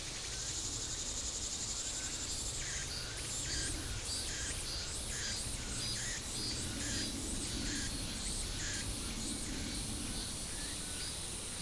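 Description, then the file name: Insect chorus, a dense steady high-pitched hiss overlaid by repeated buzzy bursts, with a low rumble beneath. "mainly insect"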